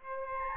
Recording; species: mosquito wingbeat signal from an infrared sensor; Aedes albopictus